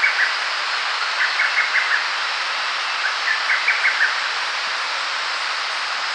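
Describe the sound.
Lesser cuckoo calling: two short phrases of five or six quick, staccato whistled notes, about two seconds apart, over a loud, steady hiss of insects or noise.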